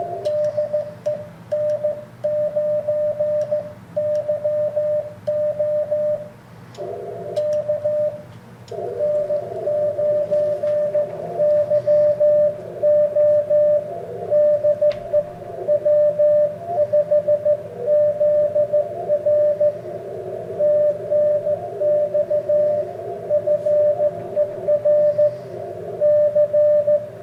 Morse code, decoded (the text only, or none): DE N9YO K N9YO DE W5ZR TNX FER C